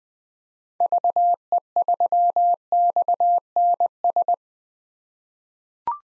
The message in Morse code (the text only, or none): VE3XNS